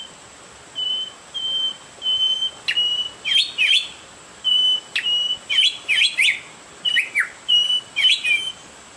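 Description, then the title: Oriental magpie-robin giving short, steady, high whistled notes, each followed by sharp clicking flourishes, repeated in several bursts. "Kicau Kacer"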